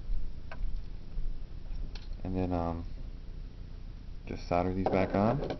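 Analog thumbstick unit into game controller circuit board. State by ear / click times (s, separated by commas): seated / 0.5 s, 2.0 s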